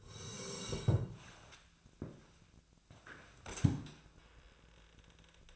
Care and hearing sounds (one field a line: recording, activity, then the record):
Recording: daily activity, microphone in the room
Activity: sit down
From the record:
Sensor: 2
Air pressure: 1000.3 hPa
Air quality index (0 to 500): 158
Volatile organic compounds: 3 ppm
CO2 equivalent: 1320 ppm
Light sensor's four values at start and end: 11/24/11/12 and 11/27/12/12